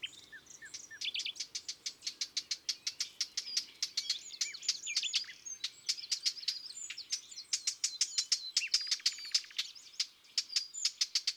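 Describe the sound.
Eurasian blackcap alarm calls: hard, dry tacking clicks repeated rapidly and steadily, mixed with snatches of warbling.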